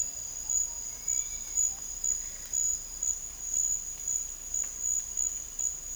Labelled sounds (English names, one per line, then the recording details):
none
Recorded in dense forest near Puerto Asís, Putumayo, Colombia, on 18 December 2024 at 11:00
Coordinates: 0.484, -76.325
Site G056